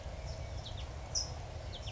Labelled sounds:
California Towhee (Melozone crissalis)
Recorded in Sonoma County, California

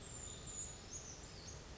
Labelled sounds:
Brown Creeper (Certhia americana)
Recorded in Sonoma County, California

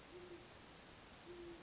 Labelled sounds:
Great Horned Owl (Bubo virginianus)
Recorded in Sonoma County, California

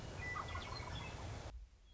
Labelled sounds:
Western Meadowlark (Sturnella neglecta)
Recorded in Sonoma County, California

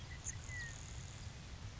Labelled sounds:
Grasshopper Sparrow (Ammodramus savannarum)
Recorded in Sonoma County, California

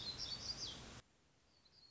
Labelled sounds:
Black-throated Gray Warbler (Setophaga nigrescens)
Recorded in Sonoma County, California

